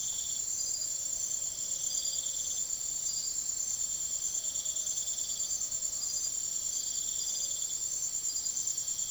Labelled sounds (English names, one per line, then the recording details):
none
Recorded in secondary vegetation near Puerto Asís, Putumayo, Colombia, on 22 June 2025 at 05:00
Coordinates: 0.489, -76.322
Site G021